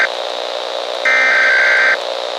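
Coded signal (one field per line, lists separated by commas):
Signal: Emergency Alert System (SAME) tones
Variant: header bursts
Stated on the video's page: Fictional EAS scenario about a national incident.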